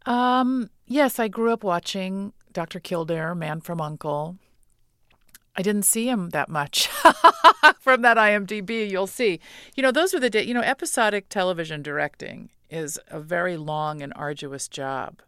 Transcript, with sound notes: Yes, I grew up watching "Dr. Kildare," "Man From Uncle." I didn't see him that much.
(LAUGHTER)
From that IMDB you'll see. You know, those were the days, you know episodic television directing is a very long and arduous job.